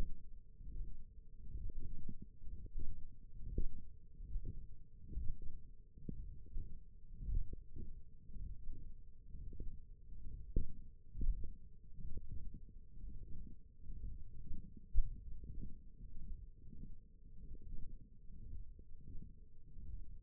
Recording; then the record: forearm muscle sounds (acoustic myography)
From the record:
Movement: ulnar deviation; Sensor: system 1, eight BSWA MPA416 microphones around the upper forearm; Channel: 4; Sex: male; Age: 21 years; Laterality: right